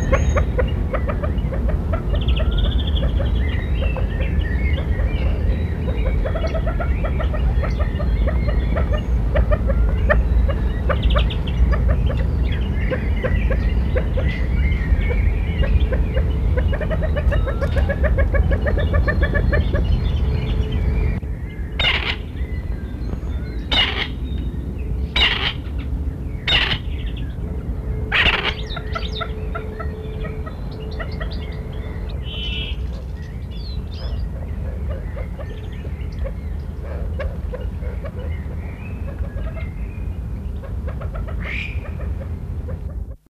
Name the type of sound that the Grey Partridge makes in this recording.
call